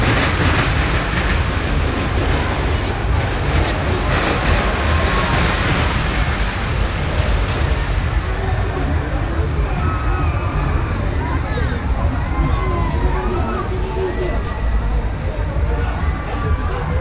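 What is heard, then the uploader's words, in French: A busy funfair crowd makes a dense, steady roar of many overlapping voices, with a low rumble underneath that could be machinery. The first half is brighter and hissier. After about nine seconds, individual voices and calls stand out more clearly above the wash. Paris, Foire du Trone.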